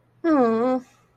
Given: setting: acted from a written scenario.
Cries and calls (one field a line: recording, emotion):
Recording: vocal sound without words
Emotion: disappointment